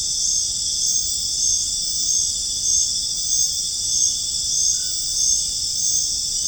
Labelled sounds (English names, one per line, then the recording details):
none
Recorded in dense forest near Puerto Asís, Putumayo, Colombia, on 23 June 2025 at 22:00
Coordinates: 0.481, -76.323
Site G072